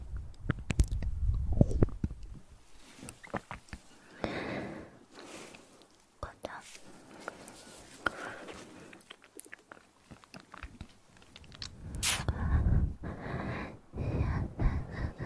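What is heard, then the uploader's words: Mouth sounds made of wet clicks, smacks and soft chewing-like crackles, scattered irregularly across the whole stretch. Brief low rumbles swell near the start and again around twelve seconds, with quieter breathy gaps between the bursts of clicking. Sensitivity Spine Tingling Mouth Sounds.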